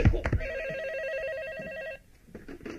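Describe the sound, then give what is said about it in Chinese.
A telephone rings with a warbling electronic trill, steady alternating tones held for about a second and a half, after a couple of sharp knocks, then cuts off into quiet. “二哥，你的电话。”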